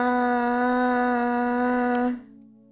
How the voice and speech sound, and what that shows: A very rare speech disorder, which makes it impossible for her to speak. She can make sounds, vowel-like. That's her ah.